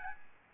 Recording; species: mosquito wingbeat signal from an infrared sensor; Aedes albopictus